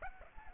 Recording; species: mosquito wingbeat signal from an infrared sensor; Aedes aegypti